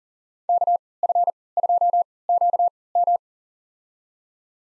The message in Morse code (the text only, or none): KF2QM